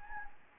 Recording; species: mosquito wingbeat signal from an infrared sensor; Anopheles gambiae